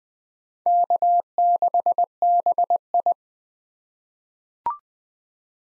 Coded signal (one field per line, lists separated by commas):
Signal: Morse code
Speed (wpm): 20 wpm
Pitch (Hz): 700 Hz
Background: none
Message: K6BI